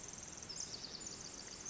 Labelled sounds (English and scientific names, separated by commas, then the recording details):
Pacific Wren (Troglodytes pacificus)
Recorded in Sonoma County, California